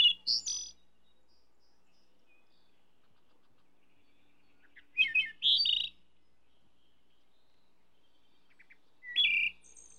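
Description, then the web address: Wood thrush singing flute-like phrases with a high buzzy ending, three phrases spaced several seconds apart, quiet between them. "bird wood trush song"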